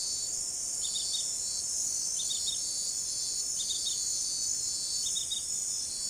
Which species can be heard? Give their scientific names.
none